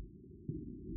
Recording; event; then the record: neck accelerometer signal played as sound; no cough (speech, laughter, throat clearing or background)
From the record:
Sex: female